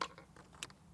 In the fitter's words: and it should click into place